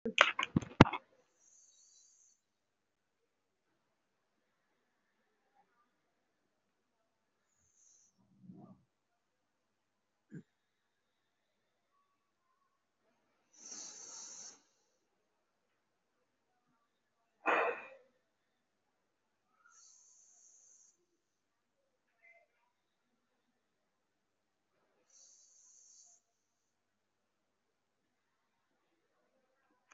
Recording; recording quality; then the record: deep breathing; excellent, no background noise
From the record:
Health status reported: recovered from COVID-19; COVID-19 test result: positive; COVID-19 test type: RT-PCR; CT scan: taken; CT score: 0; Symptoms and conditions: cough, asthma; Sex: male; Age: 18 years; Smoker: no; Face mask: worn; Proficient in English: yes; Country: India